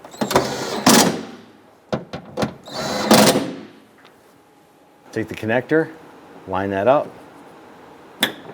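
A wiring harness connector is lined up and pressed onto the new trunk lid latch of a 2005–2010 Chrysler 300 while someone talks. One sharp snap is heard at 8.2 s as the connector seats into place.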